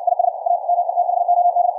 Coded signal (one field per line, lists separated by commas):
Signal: Morse code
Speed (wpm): 60 wpm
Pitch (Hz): 700 Hz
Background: none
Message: IS A METHOD